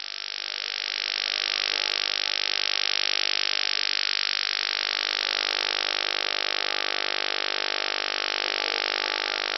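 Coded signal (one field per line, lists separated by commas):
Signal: radar signal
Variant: PLUTO OTHR, 50 Hz FMCW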